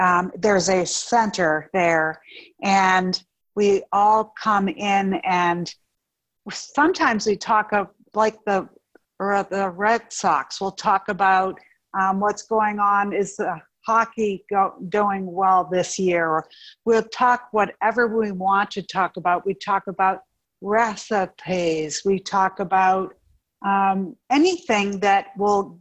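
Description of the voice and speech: Adult woman speaking with aphasia and apraxia of speech after a stroke caused by a ruptured brain AVM. Speech comes in short runs broken by frequent pauses and fillers such as "um" and "uh", with a false start and a self-correction.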